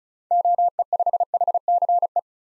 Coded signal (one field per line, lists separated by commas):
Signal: Morse code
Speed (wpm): 36 wpm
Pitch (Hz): 700 Hz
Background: none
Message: OE5HCE